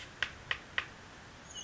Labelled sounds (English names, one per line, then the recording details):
Oak Titmouse
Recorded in Sonoma County, California